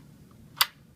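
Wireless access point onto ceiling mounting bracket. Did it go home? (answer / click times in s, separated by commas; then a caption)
yes / 0.6 s. A Cisco 3700 Series wireless access point, its mounting posts sitting in the slide holes of a ceiling mounting bracket, is slid along the bracket until it latches. After a faint soft tick at 0.3 s, a single sharp, bright click rings out at 0.6 s over a low steady background hum. The access point is seated and secure on the mount.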